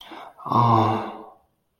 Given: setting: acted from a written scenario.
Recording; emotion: vocal sound without words; ecstasy